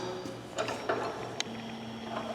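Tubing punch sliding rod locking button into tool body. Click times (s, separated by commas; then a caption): 1.4 s. The sliding rod of a Brace Tool 2 875 mechanical tubing punch is pushed down into the steel tool body, setting the locked position used when the perforating is called off after running in the hole and the tool needs to be retrieved. There is a dull knock near 0.9 s, then a sharp metallic click at 1.4 s as the spring button snaps into place. The locking button seats in the locked position.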